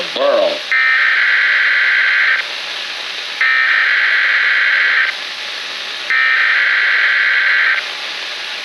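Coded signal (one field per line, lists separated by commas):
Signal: Emergency Alert System (SAME) tones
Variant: header bursts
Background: speech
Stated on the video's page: Compilation of EAS monthly and weekly tests and NOAA Weather Radio required weekly tests.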